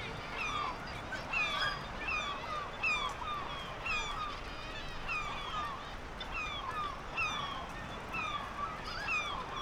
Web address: Black legged kittiwake. صدای-پرنده-کاکایی-پاسیاه